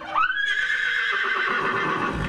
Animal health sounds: contact call of a hoofed animal; horse; whinny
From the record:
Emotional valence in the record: positive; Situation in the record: reunion with the whole group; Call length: 2.4 s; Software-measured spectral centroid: 1920 Hz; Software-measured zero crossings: 2940 a second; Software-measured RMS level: -24 dBFS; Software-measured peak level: -10 dBFS

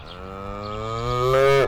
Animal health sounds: contact call of a hoofed animal; cattle; low-frequency (closed-mouth) or high-frequency (open-mouth) call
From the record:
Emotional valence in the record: negative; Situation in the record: full separation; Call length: 1.67 s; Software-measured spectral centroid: 2070 Hz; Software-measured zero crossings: 1770 a second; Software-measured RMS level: -22 dBFS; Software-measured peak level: -12 dBFS

